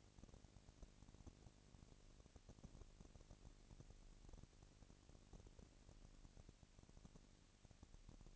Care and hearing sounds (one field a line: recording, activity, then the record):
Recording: daily activity, microphone in the room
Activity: no activity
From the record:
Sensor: 4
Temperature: 22.5 degrees Celsius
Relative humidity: 33.4%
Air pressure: 999.6 hPa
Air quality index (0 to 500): 230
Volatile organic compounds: 20 ppm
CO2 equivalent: 2702 ppm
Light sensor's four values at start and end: 2/3/1/1 and 2/3/1/1